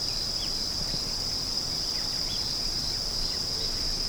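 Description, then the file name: Insect song, a persistent high whining drone held level, with a few faint swooping chirps and soft low noise. "singing of insect"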